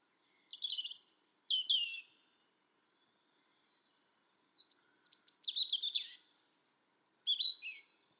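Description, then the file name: European robin singing high, tinkling phrases of thin whistles and fast twittering notes, with a pause of about two and a half seconds between the first phrase and the rest. "Erithacus rubecula"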